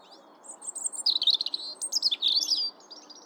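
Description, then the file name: European robin singing a continuous warbling phrase of varied high whistles, slurred notes and rapid twitters, rising and falling in pitch. "Erithacus rubecula"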